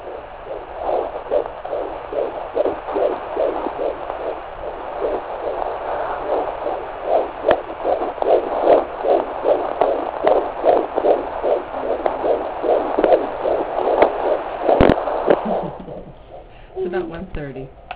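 Rapid, regular whooshing pulses at about 145 a minute, a baby's heartbeat picked up by Doppler at four months of pregnancy. The rate sits within the normal fetal range. The signal fades into scratchy handling noise near the end.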